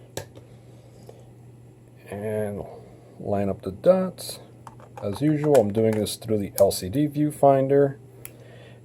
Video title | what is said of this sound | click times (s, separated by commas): 7 Artisans 35 mm F 1.2 lens unboxing | that is a good fit it just has a good solid click to it | 8.2 s